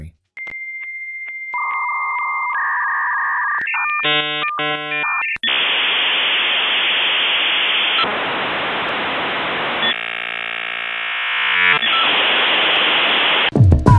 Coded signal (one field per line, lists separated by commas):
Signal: dial-up modem handshake